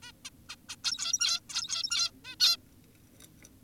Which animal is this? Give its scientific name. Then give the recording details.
Taeniopygia guttata. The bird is an adult. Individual g17y2U